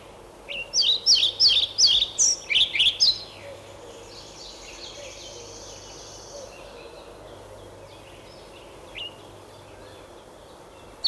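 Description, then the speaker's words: European pied flycatcher song: one quick phrase of bright, high see-sawing notes, then near silence. Often nests in nest boxes and starling houses in parks and gardens; male is velvety black and white. "Теперь мы слышим мухоловку-пеструшку."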